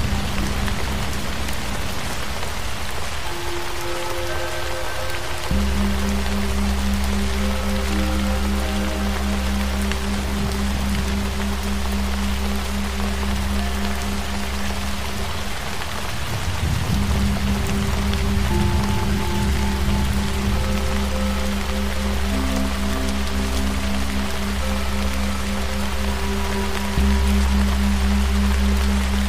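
Steady, dense rain hiss runs throughout while deep humming singing-bowl tones hold and ring, briefly fading around five and seventeen seconds.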